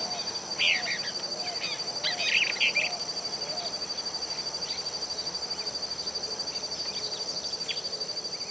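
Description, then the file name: Large elaenia giving short, burry, clustered calls twice in the first three seconds, over a constant high insect drone. Voice. "Fiofío-Grande Voz"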